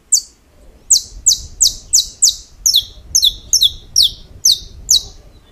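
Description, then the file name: Saffron finch song: a string of bright, high descending chirps, first single then doubled notes, repeated steadily. "Canto-do-Canário-da-Terra"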